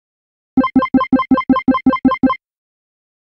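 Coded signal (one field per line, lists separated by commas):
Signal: none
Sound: repeating arcade game beeps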